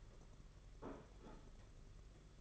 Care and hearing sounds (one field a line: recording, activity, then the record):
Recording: daily activity, microphone in the room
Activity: place plate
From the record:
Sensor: 4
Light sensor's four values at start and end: 19/65/24/25 and 19/65/24/25